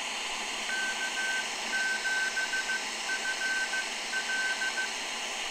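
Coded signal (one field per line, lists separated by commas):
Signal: Morse code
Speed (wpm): 15 wpm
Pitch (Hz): 1550 Hz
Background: none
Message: K7FL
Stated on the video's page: 10 meter CW beacon received on an RTL-SDR with a Raspberry Pi 4.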